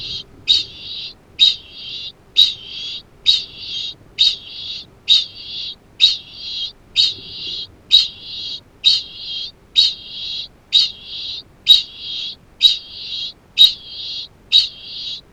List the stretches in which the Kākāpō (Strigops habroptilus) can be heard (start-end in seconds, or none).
0.00-15.33